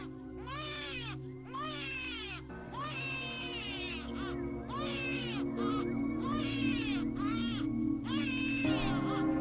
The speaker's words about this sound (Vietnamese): Thế rồi nó đứng đó, ánh mắt của nó gườm gườm, nó ngoạc mồm ra và khóc, là tiếng khóc của trẻ sơ sinh, nghe hết sức ghê rợn.